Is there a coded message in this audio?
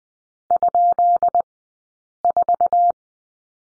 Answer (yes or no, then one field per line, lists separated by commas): yes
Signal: Morse code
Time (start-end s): 0.5-2.9 s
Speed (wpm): 20 wpm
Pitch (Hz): 690 Hz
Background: none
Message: ?4